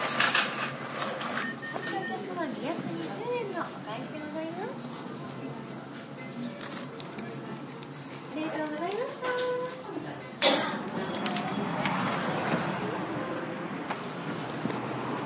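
Paying the bill at a ramen shop: voices talk back and forth over a steady restaurant murmur and light clatter. Just past ten seconds a sharp knock sets off a louder, denser stretch of noise that carries to the end.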